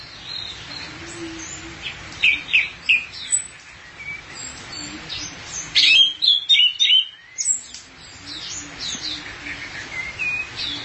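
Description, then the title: Thrush song: quick high chirps and trills in loose bursts, with a rapid run of sharp notes midway. "burung anis x"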